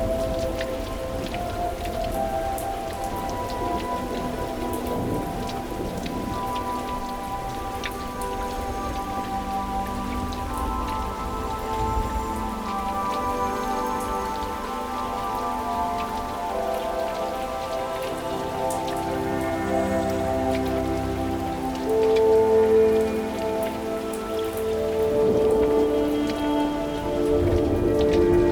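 Rain falls outside a window, a steady, dense patter with fine drops ticking against glass or sill. Underneath runs a low, even hum, and tonal lines drift through the middle range, growing a little louder after about twenty seconds.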